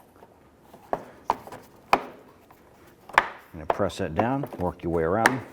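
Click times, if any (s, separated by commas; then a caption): none. While a front bumper cover is being replaced on a 2012-2017 Toyota Camry, the plastic bumper cover or grille trim is pressed down onto its plastic trim clips and worked around the edge, giving a few sharp handling knocks near 0.9, 1.3, 1.9 and 3.2 seconds. From about 3.6 seconds, someone talks. Nothing has seated or clicked into place yet.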